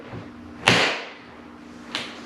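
A snowboard boot heel is stepped down into the heel latch of a 2021 Burton Step On binding resting on a training mat at home. Two sharp clicks are heard at 0.7 s and 2.0 s, the first louder and brighter, as the latch engages in its two positions. The heel is seated in the binding.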